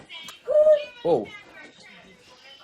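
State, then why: Not seated. A memory card is pushed into a dash cam's card slot, but it goes in crooked and does not seat. Someone talks briefly, with louder voiced bursts around 0.5–0.8 s and 1.0–1.3 s, then quieter sound until the end. No click is heard, and the card has not seated or clicked.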